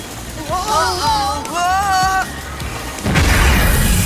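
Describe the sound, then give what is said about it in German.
A wavering, rising and falling tonal sound gives way to a sudden loud, rumbling blast as a farm silo roof bursts apart, hurling out masses of popped corn kernels, the roar continuing to the end. “Das Silodach explodierte und Unmengen gerösteter Maiskörner wurden herausgeschleudert.”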